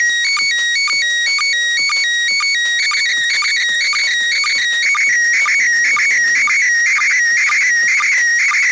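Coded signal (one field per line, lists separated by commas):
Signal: SSTV (slow-scan television)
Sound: warbling, chirping tone shifting in pitch, with a regular low blip about twice a second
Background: radio static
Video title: ISS SSTV 29 July 2019 - Start of the pass at 3.4 degrees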